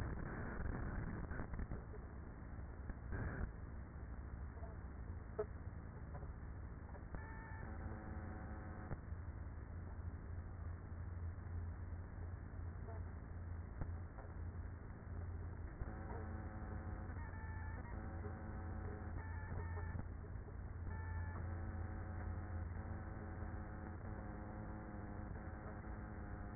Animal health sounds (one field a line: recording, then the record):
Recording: honeybee colony, microphone inside the hive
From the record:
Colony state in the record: queenless with a low population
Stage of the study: after two queens were removed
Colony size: about 30,000 bees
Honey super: no